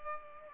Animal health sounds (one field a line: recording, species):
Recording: mosquito wingbeat signal from an infrared sensor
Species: Culex pipiens